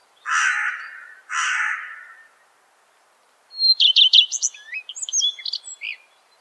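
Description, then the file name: Redstart song follows two harsh, drawn-out crow-like caws: a clear whistled opening note, a quick run of repeated notes, then a scratchy, jumbled ending. "Golosa ptic i zverei - Gorihvostka"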